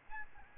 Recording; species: mosquito wingbeat signal from an infrared sensor; Aedes albopictus